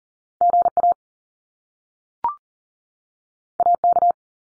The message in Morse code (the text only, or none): GA AK